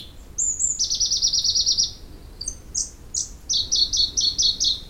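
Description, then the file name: Pallas's leaf warbler delivers thin high trills, brief sliding whistles, and a closing run of rapidly repeated notes. "warbler-pallas-leaf Phylloscopus-proregulus"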